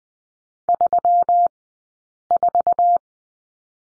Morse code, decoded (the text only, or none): 34